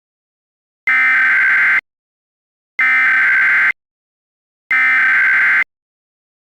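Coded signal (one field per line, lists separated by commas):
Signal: Emergency Alert System (SAME) tones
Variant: header bursts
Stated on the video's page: Recreation of the 2016 National Periodic Test, made with a Gorman-Redlich CG-1 EAS screen.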